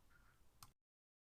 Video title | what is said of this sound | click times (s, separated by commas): Meng Foird GT40 part 3: Interior, Wheels, & Tires | by good push i do really mean a good push it took some effort to get the firewall to snap in | 0.6 s